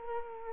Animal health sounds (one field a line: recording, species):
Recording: mosquito wingbeat signal from an infrared sensor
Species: Culex quinquefasciatus